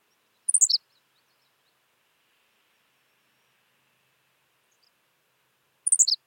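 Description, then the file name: Henslow's sparrow, two identical brief high chirping phrases roughly five and a half seconds apart, each a fast cluster of descending notes; very quiet between. "Ammodramus henslowii - Henslow's Sparrow"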